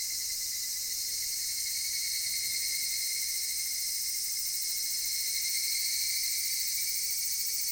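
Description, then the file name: Cicadas giving a constant piercing buzz, very steady in level. Cicadas recorded in Japan. "Cigales nippon"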